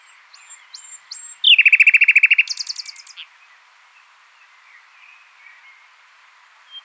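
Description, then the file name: Common nightingale song: a few pure whistles, then a long, loud, rapid rattle of repeated notes shifting higher before stopping. "Luscinia megarhynchos"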